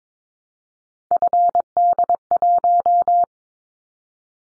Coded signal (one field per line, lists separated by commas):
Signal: Morse code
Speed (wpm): 22 wpm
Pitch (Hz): 700 Hz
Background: none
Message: FD1